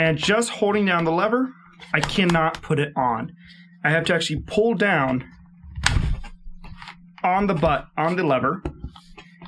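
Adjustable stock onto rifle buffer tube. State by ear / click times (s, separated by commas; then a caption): not seated / none. Someone talks while handling the adjustable polymer stock of a Golden Eagle polymer M4 airsoft rifle, pulling down the lever on the butt to fit the stock onto the buffer tube, with a sharp handling knock near 5.9 s. The stock has not locked onto the buffer tube yet; nothing has seated or clicked.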